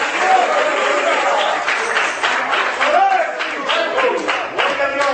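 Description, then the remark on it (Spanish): An audience at a church sermon claps steadily for about five seconds, a dense, loud wash of hands with no breaks, while voices call out over the applause. “Si usted va a aplaudir, hágalo bien en esta hora.”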